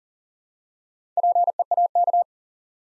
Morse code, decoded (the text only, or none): PEAK